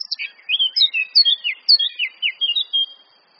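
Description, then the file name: Eurasian blackcap song: a fast, varied warble of clear whistled notes and short slurs, running without pause for about three seconds, then stopping. "Sylvia atricapilla"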